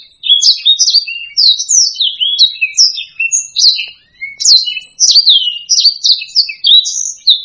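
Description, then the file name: Black-throated laughingthrush singing quick, jumbled phrases of falling and rising chirps, packed tightly and almost without pause. "suara-kicauan-burung-blacksang -omkicau"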